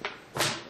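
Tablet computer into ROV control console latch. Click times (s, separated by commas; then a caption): 0.1 s. A rugged laptop, flipped into tablet mode, is set into the control console of a VideoRay Pro 4 Ultra BASE ROV system, where a simple latch locks it in place. A single sharp hit comes at 0.05 s, followed by a louder, broader rushing sound around 0.4 s that fades out. The tablet computer is seated and latched in the console dock.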